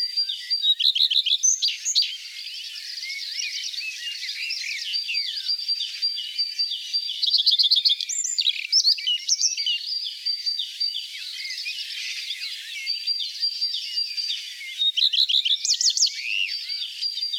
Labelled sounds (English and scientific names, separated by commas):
Common Redstart (Phoenicurus phoenicurus) song